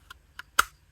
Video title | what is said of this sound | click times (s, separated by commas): Leatherman OHT Auto-Holsters - Featured vs Custom - The Evolution of My Process | points of the scale so the divots are like right where my fingertips are and it gives you that little click in retention | 0.6 s